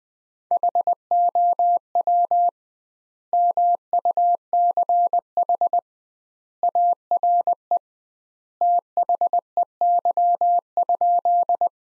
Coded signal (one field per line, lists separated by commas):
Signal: Morse code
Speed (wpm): 20 wpm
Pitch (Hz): 700 Hz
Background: none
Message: HOW MUCH ARE THEY?